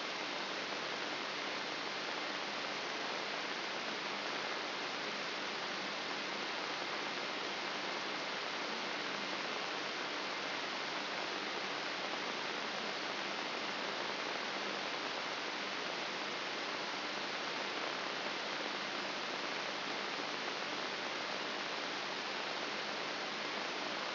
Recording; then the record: brain microelectrode recording played as sound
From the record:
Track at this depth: inside the subthalamic nucleus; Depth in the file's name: 2.704 mm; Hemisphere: left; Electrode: 3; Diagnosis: Parkinson's disease